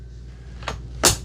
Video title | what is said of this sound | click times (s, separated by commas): MOVA M10 Cordless Floor Cleaner Unboxing & Review - Mud, Hair, Ketchup, and MORE! | Push down until it clicks. | 0.7 s